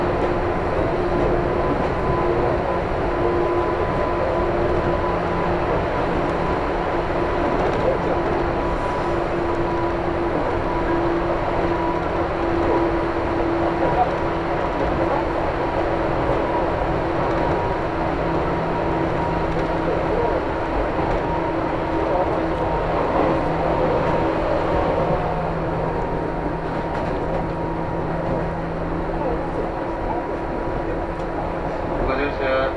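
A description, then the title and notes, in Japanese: A Chuo East Line local train sits stopped at Shiotsu station, waiting for a limited express to pass. A steady, even hum fills the whole stretch, with several sustained tones over a low rumble. Toward the end the higher hiss thins slightly. 中央東線普通 大月→高尾。四方津駅で特急の通過待ちで9分停車します。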